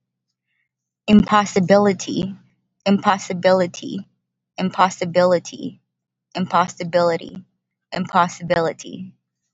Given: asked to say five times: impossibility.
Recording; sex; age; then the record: repeated word; female; 20 to 29 years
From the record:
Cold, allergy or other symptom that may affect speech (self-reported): no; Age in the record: 29 years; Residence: California, United States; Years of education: 13